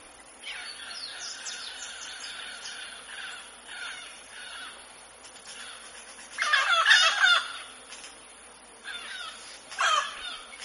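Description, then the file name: Mealy amazon calls, a run of soft chattering notes followed by two louder harsh squawking bursts, the second near the end. "canto do do papagaio moleiro"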